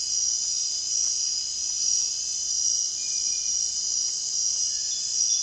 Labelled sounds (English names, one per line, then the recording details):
none
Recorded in dense forest near Puerto Asís, Putumayo, Colombia, on 23 June 2025 at 00:30
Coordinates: 0.468, -76.322
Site GP03